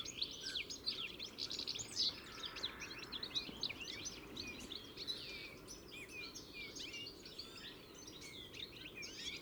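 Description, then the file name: European goldfinches twittering in a crowded chorus, bubbly chirps and brief buzzy trills piling up nonstop, with a soft rushing noise underneath. "Carduelis carduelis"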